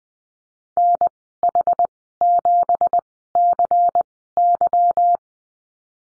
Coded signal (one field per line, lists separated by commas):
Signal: Morse code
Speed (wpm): 20 wpm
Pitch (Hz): 700 Hz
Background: none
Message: NH7CY